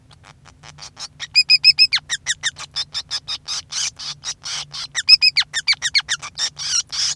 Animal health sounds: song of a male Bengalese finch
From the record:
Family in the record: son of father 5

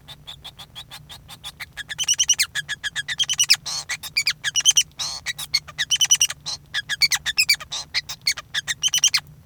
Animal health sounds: song of a male Bengalese finch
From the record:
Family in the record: son of father 5

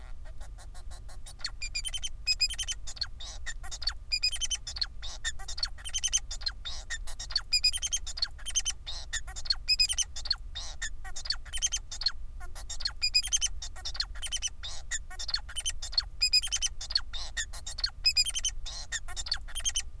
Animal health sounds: song of a male Bengalese finch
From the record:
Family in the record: son of father 4

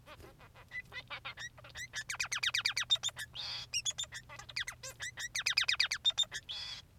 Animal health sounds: song of a male Bengalese finch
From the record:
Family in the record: son of father 3

